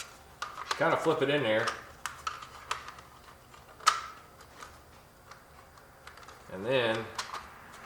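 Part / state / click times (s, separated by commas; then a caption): plastic cupholder assembly into car dashboard slot / not seated / none. A replacement plastic cupholder unit for a Porsche Boxster and Carrera (986/996) is flipped into its dashboard opening while someone talks. Short, light taps and knocks of plastic being handled are heard. Nothing has seated or clicked into place yet.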